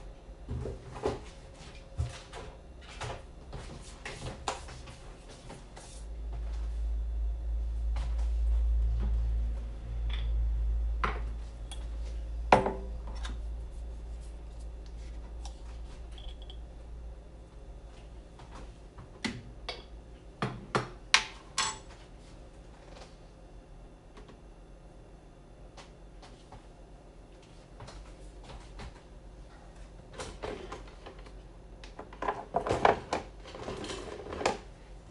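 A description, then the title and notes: Kitchen sounds while making banana bread: scattered clicks, taps and clatters of utensils and containers. A low rumbling hum runs from about six to fourteen seconds, like an appliance, and a cluster of louder knocks and scrapes comes near thirty-three seconds. Making Banana Bread. I made a loaf of banana bread.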